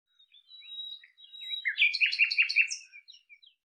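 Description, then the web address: Common nightingale song opening with a long, thin, level whistle, then a burst of rich, rapidly repeated throaty notes and a few trailing chirps. "cianscape birddata Deverinetal 2025"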